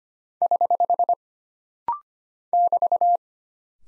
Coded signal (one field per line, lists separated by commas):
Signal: Morse code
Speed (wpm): 25 wpm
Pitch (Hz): 700 Hz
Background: none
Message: <HH> <BT>